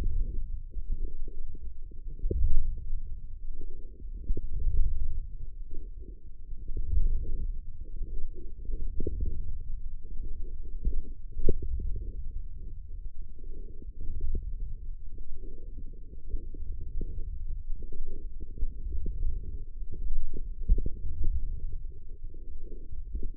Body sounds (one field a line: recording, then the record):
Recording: forearm muscle sounds (acoustic myography)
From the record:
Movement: forearm supination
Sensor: system 1, eight BSWA MPA416 microphones around the upper forearm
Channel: 6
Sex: male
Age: 20 years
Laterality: left